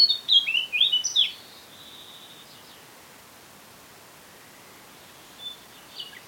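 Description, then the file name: Eurasian blackcap produces a short burst of bright, scratchy warbling at the start, followed by quiet with two brief faint notes later. "Sylvia atricapilla"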